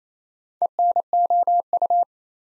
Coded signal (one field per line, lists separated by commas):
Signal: Morse code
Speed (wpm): 28 wpm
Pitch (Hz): 700 Hz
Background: none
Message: ENOU